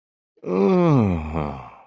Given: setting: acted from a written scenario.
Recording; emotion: vocal sound without words; ecstasy